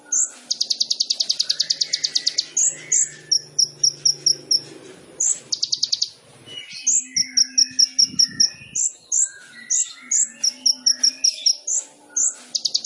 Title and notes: MASTERAN KOLIBRI NINJA TERBAIK FULL ISIAN DAN TEMBAKAN MEWAH COCOK BUAT PANCINGAN. Suara Burung Kolibri Ninja Gacor